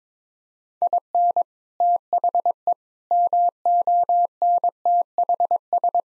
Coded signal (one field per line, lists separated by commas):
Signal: Morse code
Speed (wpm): 22 wpm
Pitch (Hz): 700 Hz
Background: none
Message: IN THE MONTHS